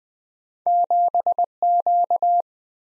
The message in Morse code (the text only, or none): 7Q